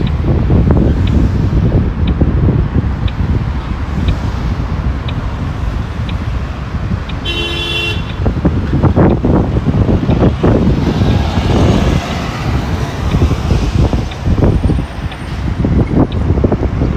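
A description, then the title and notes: A walk in Modiin, Israel, with a constant low rumble of traffic and wind buffeting throughout. Faint regular ticks sound about once a second, a short car horn toot rings out near the eighth second, and a thin high whine appears toward the end. City Park Sounds. Walking In Modiin, Israel.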